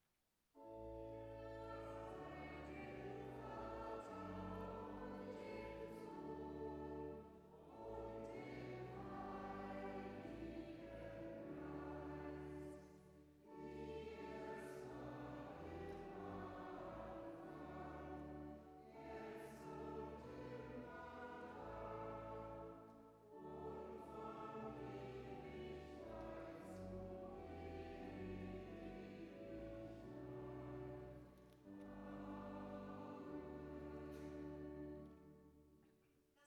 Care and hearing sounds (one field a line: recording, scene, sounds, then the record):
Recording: everyday scene through a hearing-aid microphone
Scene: reverberant space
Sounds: music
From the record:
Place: church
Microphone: behind the ear, right, rear